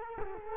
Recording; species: mosquito wingbeat signal from an infrared sensor; Culex quinquefasciatus